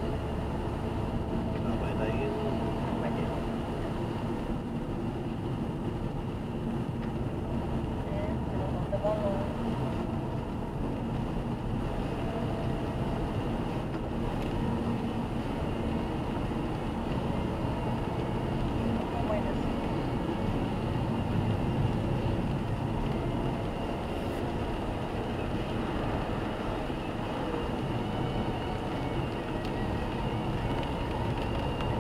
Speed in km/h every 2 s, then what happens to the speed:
59, 58, 54, 57, 58, 59, 59, 58, 59, 61, 58, 62, 63, 65, 67, 70.
0-21 steady at about 58. 21-32 speeds up to 70.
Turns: none.